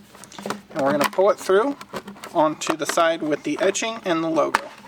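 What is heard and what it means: Someone talks while handling a plastic pull-through tab for a Rokblokz Rally Style rubber mud flap for a 2022+ Rivian R1T, about to pull it through the flap's rectangular hole onto the side with the etching and logo. Brief sharp sounds occur near 0.2 s, 0.5 s and at 4.9 s. The tab has not clicked into place yet; nothing has seated.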